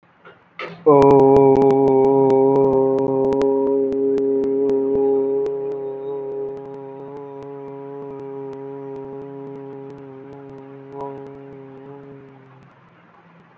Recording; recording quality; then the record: sustained vowel as in boot; moderate, slight background noise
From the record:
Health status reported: COVID-19 positive, mild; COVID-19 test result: positive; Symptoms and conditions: cough, cold, fever, fatigue, muscle pain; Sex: male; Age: 24 years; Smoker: not ticked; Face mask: not worn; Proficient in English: yes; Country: India